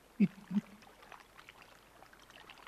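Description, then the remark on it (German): Shallow water washes in over a person's feet as the tide rises, opening with two soft, low sloshes before settling into a faint, steady fizzing trickle. No voices. “An meine Füße spült Wasser.”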